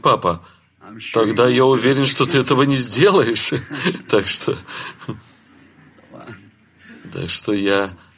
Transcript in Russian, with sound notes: “Папа, тогда я уверен, что ты этого не сделаешь”. [Брат Бранхам смеётся—Ред.] Так что…так что я…